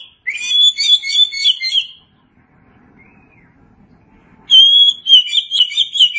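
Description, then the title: Oriental magpie-robin giving two extended phrases of bright, rapid whistled warbling, separated by a quiet gap with faint low rumble. "Suara Kicauan Burung Kacer"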